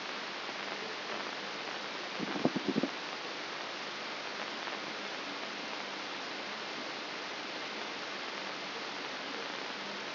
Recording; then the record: brain microelectrode recording played as sound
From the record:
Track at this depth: inside the subthalamic nucleus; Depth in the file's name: 3.502 mm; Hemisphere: left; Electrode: 3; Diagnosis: Parkinson's disease